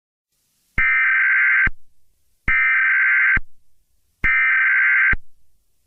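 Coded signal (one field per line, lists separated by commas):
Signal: Emergency Alert System (SAME) tones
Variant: header bursts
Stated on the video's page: Fictional EAS mock scenario using valid EAS tones.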